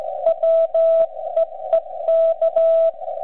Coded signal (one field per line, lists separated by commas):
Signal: Morse code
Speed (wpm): 16 wpm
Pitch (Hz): 660 Hz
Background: none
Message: WEEK